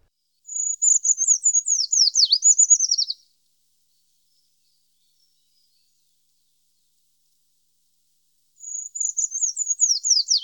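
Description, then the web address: Eurasian treecreeper song: a thin, very high trilled phrase of about three seconds, starting with a level note then descending in wavering notes; repeated after a long silence. "IVN Zangvogels. Taigaboomkruiper"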